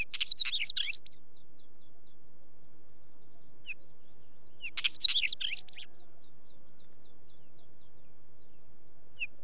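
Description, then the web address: Northern wheatear song: brief bursts of harsh, jumbled chattering notes, each trailed by a run of faint, evenly repeated ticks. "BBC Sound Effects Library. Wheatear"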